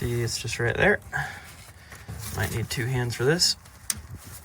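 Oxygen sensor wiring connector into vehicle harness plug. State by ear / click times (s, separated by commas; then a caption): seated / 3.9 s. Someone talks while using both hands to push the downstream O2 sensor's plastic wiring connector into the vehicle harness plug under a 4Runner during an O2 sensor replacement to fix a P0420 code. A sharp little click sounds at 3.9 s as the connector seats, and it ends up snug.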